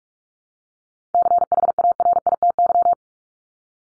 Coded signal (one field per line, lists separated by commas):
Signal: Morse code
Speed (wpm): 44 wpm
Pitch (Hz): 700 Hz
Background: none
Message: CHARITY